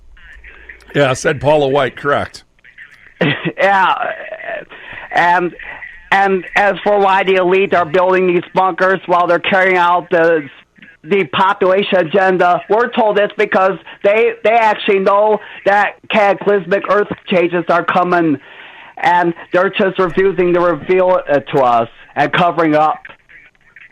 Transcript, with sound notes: Yeah, said Paula White correct.
(laughs) Yeah. And, and as for why the elite are building these bunkers while they're carrying out the, the population agenda, we're told it's because they, they actually know that cataclysmic earth changes are coming and they're just refusing to reveal it to us and covering up.